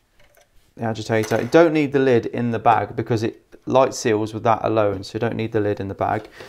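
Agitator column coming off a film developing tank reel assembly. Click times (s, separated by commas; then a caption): 0.3 s. A plastic film developing tank is taken apart, with the agitator (centre column) twisted off the reel assembly. It releases with a small, quiet click at 0.4 s. Then someone talks.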